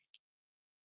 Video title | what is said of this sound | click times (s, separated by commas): My shark vacuum has a short ￼ | here it is. That's the click. | 0.1 s